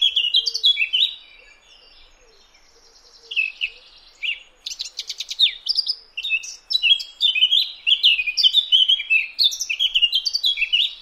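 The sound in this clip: Eurasian blackcap song of varied warbling phrases broken by pauses, ending in a long, rapid run.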